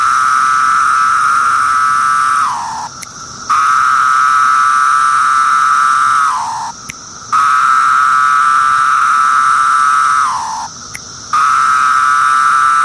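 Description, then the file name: Periodical cicada buzzing: a loud, steady droning whine held for about three seconds, dipping in pitch at the end, then a brief gap before it resumes, three times, with the drone continuing to the end. "Magicicada septendecim"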